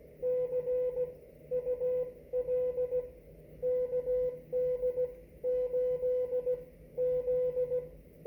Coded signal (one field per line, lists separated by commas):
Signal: Morse code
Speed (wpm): 16 wpm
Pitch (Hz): 500 Hz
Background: none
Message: CUL KD8Z